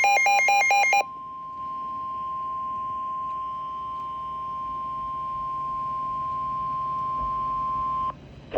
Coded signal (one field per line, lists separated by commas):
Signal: Emergency Alert System (SAME) tones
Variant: 1050 Hz attention tone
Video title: NOAA Weather Radio - Tornado Warning (8/1/22)